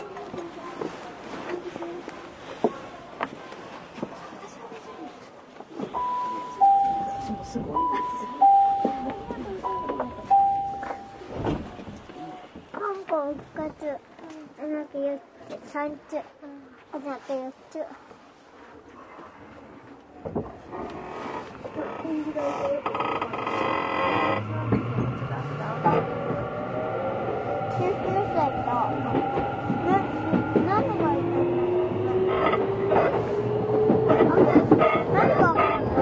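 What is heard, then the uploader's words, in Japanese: Inside an express commuter train, a door chime and announcement voices come first, then the motor whines and rises steadily as the train accelerates, with rolling rumble. 東急6000系 あざみ野〜大井町。田園都市線から大井町線に直通する急行大井町行を録音。二子玉川から大井町線に入る。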